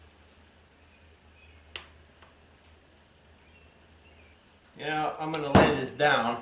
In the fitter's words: Hope the camera can hear that click from over there.